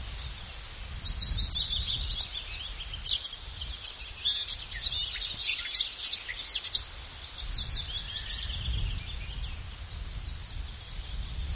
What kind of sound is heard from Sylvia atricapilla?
song